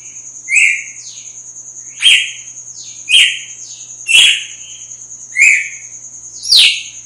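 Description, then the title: Red-cowled cardinal song: clear, bright two-part whistled phrases, repeated roughly every second, with a constant high tone running underneath. Female; sings strongly at dawn after the moult. "Canto Galo Campina Fêmea. GALO DE CAMPINA AÇOITA FORTE NA MADRUGADA DEPOIS DA MUDA"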